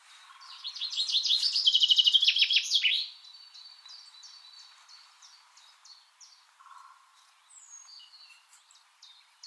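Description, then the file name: Common chaffinch gives one cascading, accelerating phrase of sharp notes falling in pitch with a final flourish, followed by faint background bird calls and a low buzzy note. "Fringilla coelebs"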